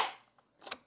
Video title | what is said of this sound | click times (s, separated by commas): 통신비 0원 와이파이 핫스팟 무선카드단말기 KIS-8611Q 사용가이드 구매문의 1522-7221 | 그러면 딱 소리가 나요. | 0.7 s